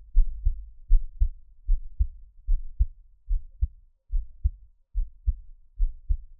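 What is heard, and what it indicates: Steady, deep paired thumps, a lub followed by a softer dub, repeat at about 76 beats a minute with an even rhythm. An adult heartbeat is heard up close, with no talking or other background sound.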